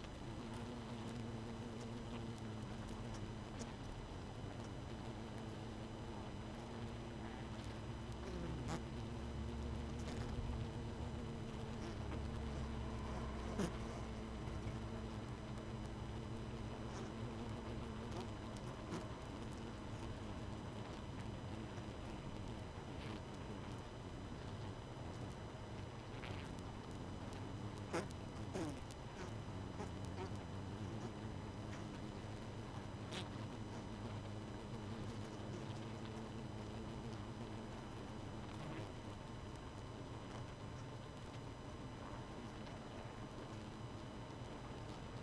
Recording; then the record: honeybee colony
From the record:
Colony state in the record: missing queen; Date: 31 May 2018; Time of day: 22:30